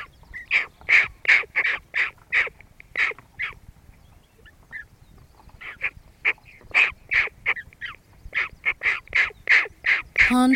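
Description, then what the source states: Hooded crow giving harsh, raspy caws in quick repeated bursts, a brief pause midway, then another long series of rough calls. Adult bird.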